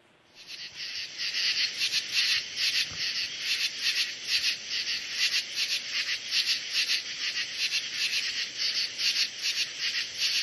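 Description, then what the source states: True katydid calling in fast, scratchy, buzzy pulses, repeated steadily in rough rhythm about two to three times a second throughout, with no other clear sounds. The call gives katydids their name, heard as 'katydid' or 'katydidn't'; a staccato, scratchy call, heard in summer.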